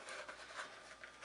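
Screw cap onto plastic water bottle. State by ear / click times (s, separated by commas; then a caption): not seated / none. A plastic screw cap is turned onto a plastic water bottle or reservoir, but the threads fail to engage and the cap goes on cross-threaded. Only a faint, steady rubbing of plastic is heard. Nothing has seated or clicked yet.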